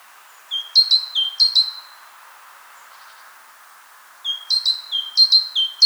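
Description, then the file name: Great tit singing in two bursts of ringing two-part notes, high then lower and sustained, separated by a couple of seconds of quiet with faint background hiss. "Parus major"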